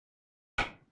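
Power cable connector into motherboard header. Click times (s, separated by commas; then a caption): 0.6 s. A power cable connector is pushed into the header socket on a mini PC motherboard inside a small metal case. After silence, a single sharp click sounds at 0.6 s and decays quickly. The connector is seated.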